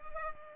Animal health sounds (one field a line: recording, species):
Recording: mosquito wingbeat signal from an infrared sensor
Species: Culex pipiens